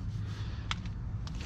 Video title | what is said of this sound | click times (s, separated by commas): Should You Use Wheel Spacers from Ebay? KSP Motorsports | wait so you hear the click | 0.7 s